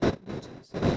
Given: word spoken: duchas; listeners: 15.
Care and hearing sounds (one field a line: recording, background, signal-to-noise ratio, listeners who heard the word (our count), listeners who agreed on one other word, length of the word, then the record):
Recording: one Spanish word in noise, from a listening test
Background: noise modulated by one talker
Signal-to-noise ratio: -10.2 dB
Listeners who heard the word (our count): 1 of 15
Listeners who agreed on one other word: 9 of 15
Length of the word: 0.57 s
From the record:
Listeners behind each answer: 9, 3, 1, 1, 1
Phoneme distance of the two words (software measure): 10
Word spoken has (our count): 2 syllables, 5 phonemes, stress on syllable 1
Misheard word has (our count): 2 syllables, 5 phonemes, stress on syllable 1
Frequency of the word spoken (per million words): 1.95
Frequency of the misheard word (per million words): 265.90